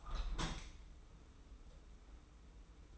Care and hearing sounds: daily activity, microphone in the room; open window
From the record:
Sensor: 1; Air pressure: 991.3 hPa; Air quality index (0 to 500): 107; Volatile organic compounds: 91 ppm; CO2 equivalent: 3693 ppm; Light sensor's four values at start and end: 37/116/46/47 and 37/117/46/48

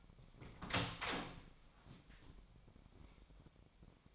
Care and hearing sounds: daily activity, microphone in the room; open door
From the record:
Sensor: 1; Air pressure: 1007.3 hPa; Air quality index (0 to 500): 197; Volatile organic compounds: 19 ppm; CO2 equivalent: 2662 ppm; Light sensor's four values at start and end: 13/32/13/15 and 13/34/14/15

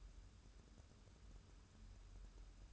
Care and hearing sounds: daily activity, microphone in the room; take from stove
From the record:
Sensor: 2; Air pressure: 994.3 hPa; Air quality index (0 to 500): 216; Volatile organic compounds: 1000 ppm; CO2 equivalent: 7157 ppm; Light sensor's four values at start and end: 136/325/137/142 and 136/325/137/142

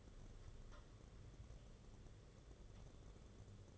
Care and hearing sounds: daily activity, microphone in the room; take from stove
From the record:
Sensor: 4

